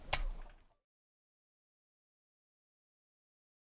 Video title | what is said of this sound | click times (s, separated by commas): How To Install NVMe M.2 SSD & A Solid State Drive In Laptops | we're going to unplug the battery so if you unclip it until it makes a clicking sound | 0.1 s